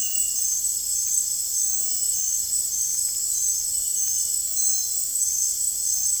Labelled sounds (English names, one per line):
none